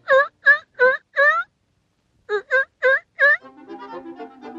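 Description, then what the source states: Seal pup bleating in short, wavering, nasal cries, four in a quick run, a pause, then four more, followed by a low buzzing tone. Baby seal.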